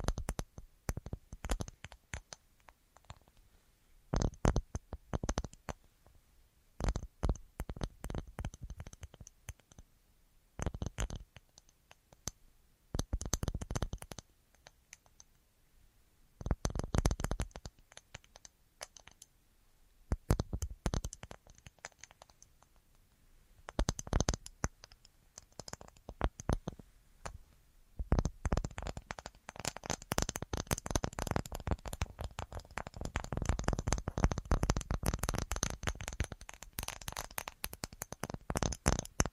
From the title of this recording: Tapping Assortment